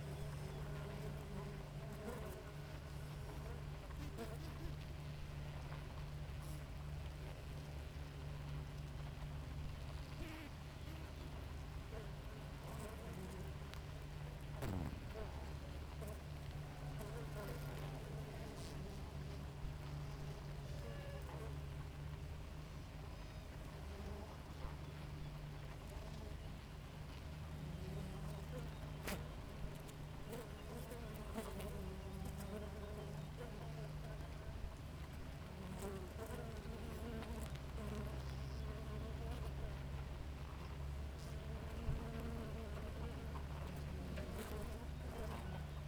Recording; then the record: honeybee colony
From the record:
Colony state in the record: active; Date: 28 July 2017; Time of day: 5:25